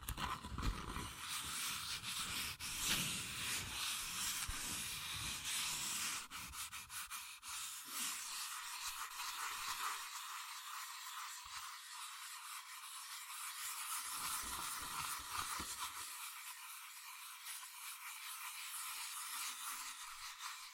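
Fast scratching and tracing on cardboard and paper, a dense, hissy rubbing that runs without pause. The first seven seconds are fuller, with deeper scraping and a few sharp taps; afterward the sound thins to a bright, dry rasp that keeps a quick, busy rhythm.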